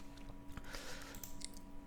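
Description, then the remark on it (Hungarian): A few quiet, sharp mouse clicks at irregular moments, closing an advertisement on a computer, over a steady low electrical hum, with no one speaking. “És kiikszelem a reklámot.”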